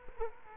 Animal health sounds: mosquito wingbeat signal from an infrared sensor; Culex quinquefasciatus

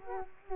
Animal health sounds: mosquito wingbeat signal from an infrared sensor; Culex quinquefasciatus

